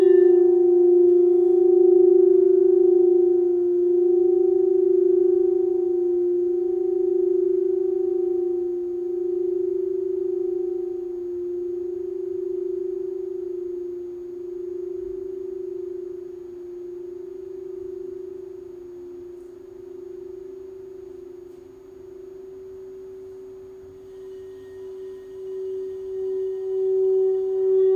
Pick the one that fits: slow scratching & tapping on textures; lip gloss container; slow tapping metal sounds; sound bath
sound bath